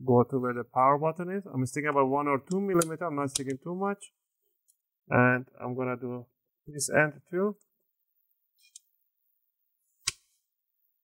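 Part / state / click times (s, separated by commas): plastic retaining clips of a laptop bottom cover coming out of the chassis / released / 8.8 s, 10.1 s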